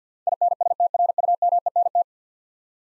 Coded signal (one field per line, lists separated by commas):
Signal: Morse code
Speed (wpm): 50 wpm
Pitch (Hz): 700 Hz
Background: none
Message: INSTRUMENT